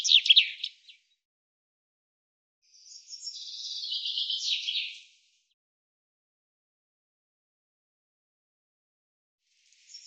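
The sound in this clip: Bird calling with a quick burst of high chirps, then a longer buzzy, trilled phrase lasting about two seconds, with silence between.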